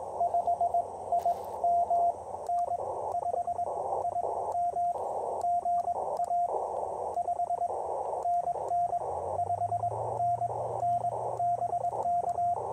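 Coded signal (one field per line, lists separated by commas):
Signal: Morse code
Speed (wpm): 19 wpm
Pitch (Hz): 690 Hz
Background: radio noise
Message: 5IM N5IM GA 5NN 5NN BK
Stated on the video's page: QRP POTA park activation with Ten-Tec Argonaut VI, BaMaKeY TP-III paddle, and Chelegance MC-750 portable vertical antenna.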